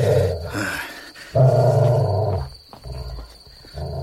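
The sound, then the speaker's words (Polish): A large slobbering beast growls in deep, rumbling bursts: a short growl, a pause, then a louder sustained snarl that trails off into softer grumbling. “Tak, ty bestio, ty obśliniony potworze.”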